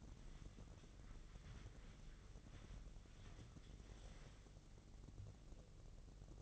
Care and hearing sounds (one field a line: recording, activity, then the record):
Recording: daily activity, microphone in the room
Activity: wipe stove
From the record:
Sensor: 4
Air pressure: 1013.2 hPa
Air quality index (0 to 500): 180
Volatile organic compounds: 2 ppm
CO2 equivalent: 1130 ppm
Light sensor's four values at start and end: 94/236/97/103 and 93/234/97/103